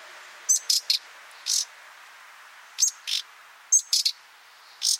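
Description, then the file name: Common nightingale calls: thin high whistles followed by harsh clicking notes, delivered in short uneven groups over a steady hiss. "Luscinia megarhynchos"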